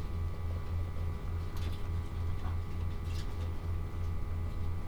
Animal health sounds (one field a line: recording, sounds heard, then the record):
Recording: poultry house recording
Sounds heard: no chicken sound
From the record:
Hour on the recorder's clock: 14